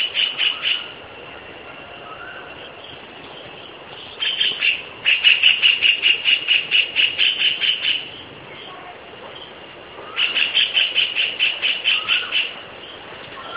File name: W B Kingfisher